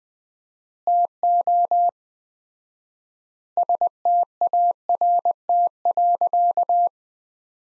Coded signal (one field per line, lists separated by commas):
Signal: Morse code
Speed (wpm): 21 wpm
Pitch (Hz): 700 Hz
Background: none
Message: TO START.